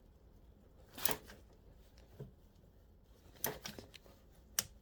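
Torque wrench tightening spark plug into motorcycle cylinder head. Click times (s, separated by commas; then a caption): 4.6 s. A torque ratchet set to 13 Nm tightens a spark plug into the cylinder head of a Kawasaki ZXR 400 motorcycle. Short ratcheting bursts come at about 1.1 s and 3.4 s, and the wrench gives its sharp release click at 4.6 s. The plug is torqued down fully to the setting.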